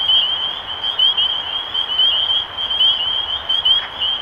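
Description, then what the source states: Spring peepers calling together, high rising peeps about once a second over a continuous shrill chorus. Recorded 23 March 2012.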